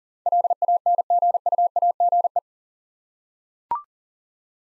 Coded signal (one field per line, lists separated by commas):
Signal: Morse code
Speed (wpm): 39 wpm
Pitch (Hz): 700 Hz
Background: none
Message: LANGUAGE